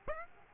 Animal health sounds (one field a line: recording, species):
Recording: mosquito wingbeat signal from an infrared sensor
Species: Aedes aegypti